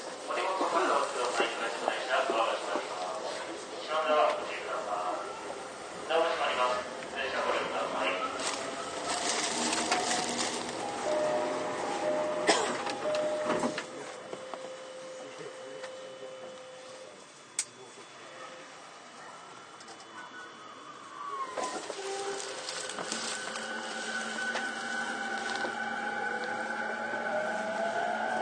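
A Toei 10-300 series train in motion: a busy first half of rumble, clatter and voice-like bursts, with motor whine sliding in pitch. A sharp click comes near seventeen seconds, then a quieter dip before steady high whining tones return.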